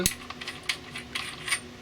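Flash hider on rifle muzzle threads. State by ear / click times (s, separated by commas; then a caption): released / 0.7 s. A flash hider is twisted off the threaded muzzle of an Arsenal SAM7SF AK-pattern rifle in 7.62x39 while the detent is pushed in, as someone talks. Light metallic clicks and ticks are heard, with the loudest sharp click at 0.7 s as the flash hider pops off and is released from the muzzle.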